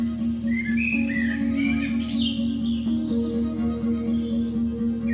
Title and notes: by Jbustamante. canto de los mirlos en Marzo del 2020